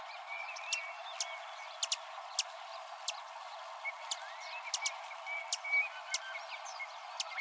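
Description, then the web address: Broad-tailed hummingbird giving sharp, clicking chips, irregular and fairly frequent, with a low background hiss. Arizona, 18 February 2006. "Hummingbirds Swifts AZFO BTLH deviche 021806"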